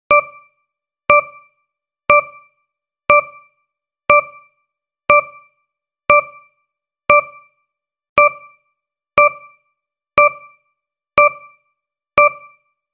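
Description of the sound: A steady electronic beep sounds once every second, about 60 a minute, each a bright mid-pitched tone that rings briefly and fades into near silence. This is repetitive device beeping from a mechanical ventilator. No breathing or airflow sounds are audible.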